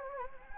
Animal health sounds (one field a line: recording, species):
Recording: mosquito wingbeat signal from an infrared sensor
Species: Anopheles gambiae